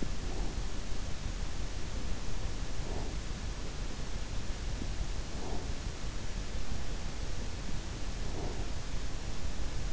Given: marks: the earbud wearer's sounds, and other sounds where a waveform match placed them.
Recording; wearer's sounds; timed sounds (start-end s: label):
sounds in sleep by an in-ear microphone; breath
0.00-0.58 s: breath
2.68-3.20 s: breath
5.27-5.78 s: breath
8.21-8.76 s: breath